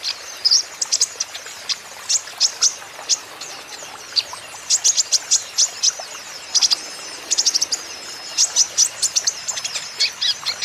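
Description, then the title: Van Hasselt's sunbird song, repeated bursts of shrill high chips and short twittering phrases with brief gaps, steady hiss underneath. Young green-plumaged (konin ijoan) caged bird in energetic (gacor) song, used as a lure and therapy so untrained young (konin) birds surely answer. "KOLIBRI NINJA KONIN IJOAN GACOR COCOK UNTUK PANCINGAN TERAPI KONIN BAHAN PASTI NYAUT"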